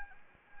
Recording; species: mosquito wingbeat signal from an infrared sensor; Anopheles arabiensis